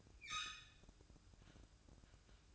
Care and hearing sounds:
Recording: daily activity, microphone in the room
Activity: open fridge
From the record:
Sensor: 2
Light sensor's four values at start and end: 10/23/10/10 and 10/23/10/10

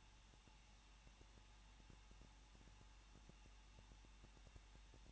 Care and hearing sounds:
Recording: daily activity, microphone in the room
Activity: no activity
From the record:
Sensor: 1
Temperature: 20.1 degrees Celsius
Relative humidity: 39.2%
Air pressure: 1006.3 hPa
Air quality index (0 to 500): 217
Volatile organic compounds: 77 ppm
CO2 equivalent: 3578 ppm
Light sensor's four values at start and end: 1/2/1/1 and 1/2/1/1

